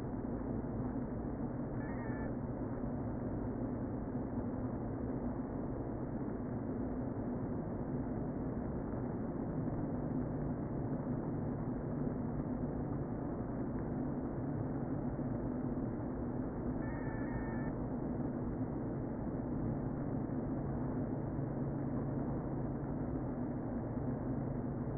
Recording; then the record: honeybee colony, microphone inside the hive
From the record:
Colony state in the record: queen present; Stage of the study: before two queens were removed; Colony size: about 60,000 bees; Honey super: yes